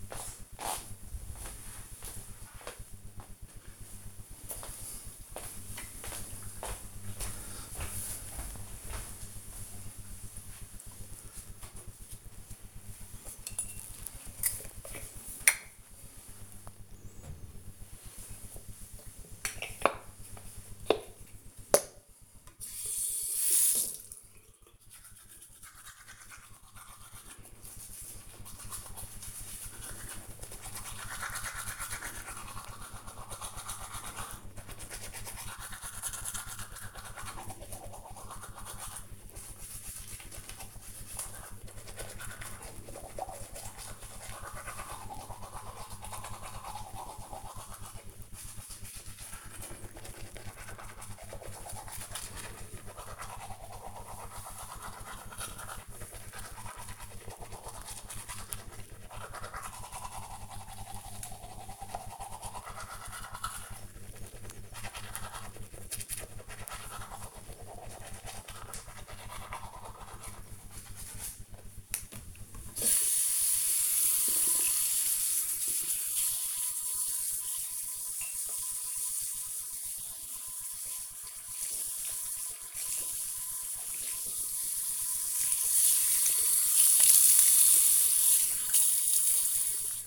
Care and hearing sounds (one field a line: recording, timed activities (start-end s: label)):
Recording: household activities, microphone on the right wrist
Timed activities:
10.99-90.07 s: brushing teeth